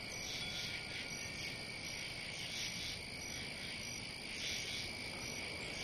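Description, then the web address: Cricket song as a steady high trill with loosely repeated pulsing bursts about every two seconds, over soft continuous noise. "сверчки"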